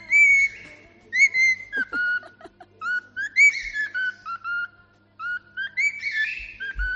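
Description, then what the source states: Cockatiel whistling a melodic tune, clear rising and falling whistled phrases with short gaps, some notes sliding, a faint low hum in the background. Pet cockatiel with a crest, sent in as a voice note, whistling a football club anthem.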